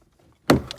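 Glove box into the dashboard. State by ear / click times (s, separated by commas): seated / 0.5 s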